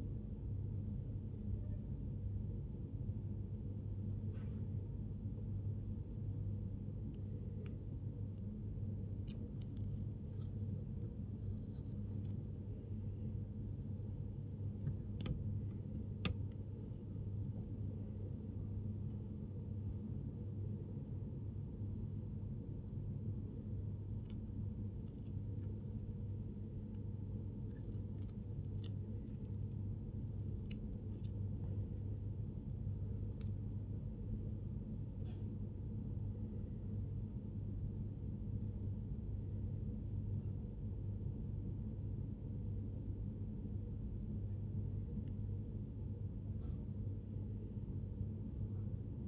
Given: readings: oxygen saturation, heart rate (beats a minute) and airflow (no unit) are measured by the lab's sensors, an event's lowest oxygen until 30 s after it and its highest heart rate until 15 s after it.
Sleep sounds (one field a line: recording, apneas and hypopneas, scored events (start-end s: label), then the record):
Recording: a person awake in a sleep study, by a smartphone at the bedside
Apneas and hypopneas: none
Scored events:
0.00-49.28 s: awake
0.00-49.28 s: awake
From the record:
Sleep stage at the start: awake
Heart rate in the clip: 71 to 85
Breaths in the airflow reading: 18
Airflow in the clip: -6.3 to 8.0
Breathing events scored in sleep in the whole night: 103 in 8.4 hours asleep